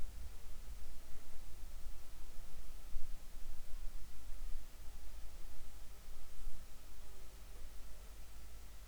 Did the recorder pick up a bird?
no